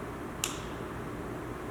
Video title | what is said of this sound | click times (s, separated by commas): Petzl ID Basics | listen for the click. | 0.4 s